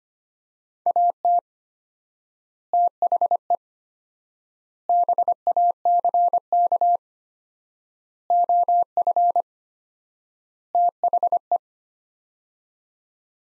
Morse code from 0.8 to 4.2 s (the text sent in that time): AT THE